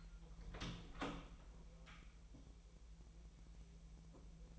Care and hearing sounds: daily activity, microphone in the room; open door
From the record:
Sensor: 1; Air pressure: 1001.5 hPa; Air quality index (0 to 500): 249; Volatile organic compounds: 127 ppm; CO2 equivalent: 3912 ppm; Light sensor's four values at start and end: 8/19/7/8 and 9/22/8/9

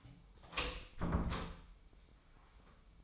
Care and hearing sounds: daily activity, microphone in the room; close door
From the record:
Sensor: 1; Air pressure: 996.1 hPa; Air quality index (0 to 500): 57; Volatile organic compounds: 3 ppm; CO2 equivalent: 1377 ppm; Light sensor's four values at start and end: 14/33/14/16 and 14/32/14/15

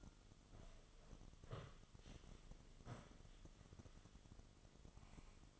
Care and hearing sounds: daily activity, microphone in the room; sit down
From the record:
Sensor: 4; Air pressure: 1005.9 hPa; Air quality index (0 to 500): 92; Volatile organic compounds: 2 ppm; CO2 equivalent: 1146 ppm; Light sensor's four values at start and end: 12/28/11/10 and 12/28/11/10

